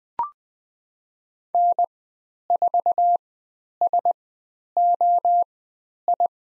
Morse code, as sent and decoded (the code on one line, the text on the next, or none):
-. ....- ... --- ..
N4SOI